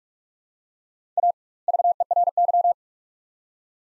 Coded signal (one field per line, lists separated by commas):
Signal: Morse code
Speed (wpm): 47 wpm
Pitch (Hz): 700 Hz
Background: none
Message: A VERY